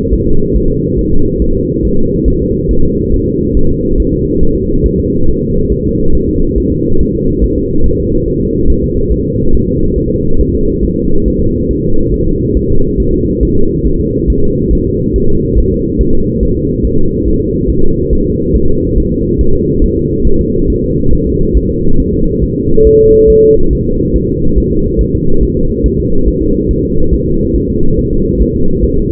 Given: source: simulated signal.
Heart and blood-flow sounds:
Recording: fetal heart sounds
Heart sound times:
0.13 s: S1
0.27 s: S2
0.56 s: S1
0.70 s: S2
0.99 s: S1
1.13 s: S2
1.42 s: S1
1.56 s: S2
1.85 s: S1
1.99 s: S2
2.28 s: S1
2.42 s: S2
2.71 s: S1
2.85 s: S2
3.14 s: S1
3.28 s: S2
3.57 s: S1
3.71 s: S2
4.00 s: S1
4.14 s: S2
4.43 s: S1
4.57 s: S2
4.86 s: S1
5.00 s: S2
5.29 s: S1
5.43 s: S2
5.72 s: S1
5.86 s: S2
6.15 s: S1
6.29 s: S2
6.58 s: S1
6.72 s: S2
7.01 s: S1
7.15 s: S2
7.44 s: S1
7.58 s: S2
7.86 s: S1
8.00 s: S2
8.28 s: S1
8.42 s: S2
8.70 s: S1
8.84 s: S2
9.12 s: S1
9.26 s: S2
9.55 s: S1
9.69 s: S2
9.98 s: S1
10.12 s: S2
10.41 s: S1
10.55 s: S2
10.85 s: S1
10.99 s: S2
11.28 s: S1
11.42 s: S2
11.71 s: S1
11.85 s: S2
12.14 s: S1
12.28 s: S2
12.57 s: S1
12.71 s: S2
13.00 s: S1
13.14 s: S2
13.43 s: S1
13.57 s: S2
13.86 s: S1
14.00 s: S2
14.30 s: S1
14.44 s: S2
14.73 s: S1
14.87 s: S2
15.16 s: S1
15.30 s: S2
15.58 s: S1
15.72 s: S2
16.01 s: S1
16.15 s: S2
16.43 s: S1
16.57 s: S2
16.85 s: S1
16.99 s: S2
17.28 s: S1
17.42 s: S2
17.70 s: S1
17.84 s: S2
18.13 s: S1
18.27 s: S2
18.56 s: S1
18.70 s: S2
18.98 s: S1
19.12 s: S2
19.41 s: S1
19.55 s: S2
19.84 s: S1
19.98 s: S2
20.27 s: S1
20.41 s: S2
20.70 s: S1
20.84 s: S2
21.13 s: S1
21.27 s: S2
21.57 s: S1
21.71 s: S2
22.00 s: S1
22.14 s: S2
22.44 s: S1
22.57 s: S2
22.87 s: S1
23.01 s: S2
23.30 s: S1
23.44 s: S2
23.73 s: S1
23.87 s: S2
24.16 s: S1
24.30 s: S2
24.58 s: S1
24.72 s: S2
25.01 s: S1
25.15 s: S2
25.43 s: S1
25.57 s: S2
25.86 s: S1
26.00 s: S2
26.28 s: S1
26.42 s: S2
26.71 s: S1
26.85 s: S2
27.14 s: S1
27.28 s: S2
27.56 s: S1
27.70 s: S2
27.99 s: S1
28.13 s: S2
28.42 s: S1
28.56 s: S2
28.84 s: S1
28.98 s: S2
From the record:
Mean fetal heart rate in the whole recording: 140 bpm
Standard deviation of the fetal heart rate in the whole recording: 2 bpm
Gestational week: 34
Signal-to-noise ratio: -19.1 dB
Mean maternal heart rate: 72 bpm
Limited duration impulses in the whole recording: present

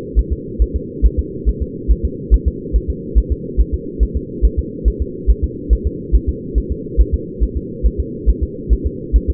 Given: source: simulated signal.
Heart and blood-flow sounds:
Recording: fetal heart sounds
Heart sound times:
0.19 s: S1
0.33 s: S2
0.62 s: S1
0.76 s: S2
1.05 s: S1
1.19 s: S2
1.49 s: S1
1.62 s: S2
1.91 s: S1
2.05 s: S2
2.34 s: S1
2.48 s: S2
2.76 s: S1
2.90 s: S2
3.18 s: S1
3.32 s: S2
3.61 s: S1
3.74 s: S2
4.03 s: S1
4.17 s: S2
4.45 s: S1
4.59 s: S2
4.88 s: S1
5.02 s: S2
5.30 s: S1
5.44 s: S2
5.73 s: S1
5.87 s: S2
6.15 s: S1
6.29 s: S2
6.58 s: S1
6.72 s: S2
7.00 s: S1
7.14 s: S2
7.43 s: S1
7.57 s: S2
7.86 s: S1
8.00 s: S2
8.30 s: S1
8.43 s: S2
8.73 s: S1
8.87 s: S2
9.16 s: S1
9.30 s: S2
From the record:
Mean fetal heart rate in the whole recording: 140 bpm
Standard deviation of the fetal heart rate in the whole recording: 2 bpm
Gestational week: 34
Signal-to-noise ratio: -4.1 dB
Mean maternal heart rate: no maternal heart sound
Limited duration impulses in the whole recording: absent

